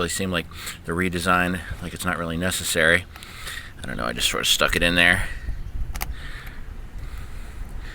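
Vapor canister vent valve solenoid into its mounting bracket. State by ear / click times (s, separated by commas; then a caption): seated / 6.0 s. Someone talks while a replacement vapor canister vent valve solenoid is pushed into its mounting bracket on a Chevy Colorado truck during a P0449 error repair. Two sharp clicks sound close together at 6.0 s and 6.0 s, and the solenoid locks into the bracket.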